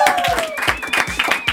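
Audience applause, a dense steady wash of clapping mixed with crowd noise, with a high whistling tone gliding through it and rhythmic low thumps underneath.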